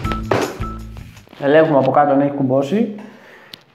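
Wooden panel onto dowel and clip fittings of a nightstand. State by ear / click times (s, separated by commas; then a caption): seated / 0.3 s. A wooden nightstand panel is pressed down onto its dowels and clip fittings, giving a sharp thunk-like click at 0.3 s over background music. The panel snaps into place and locks onto the fittings, and then someone talks.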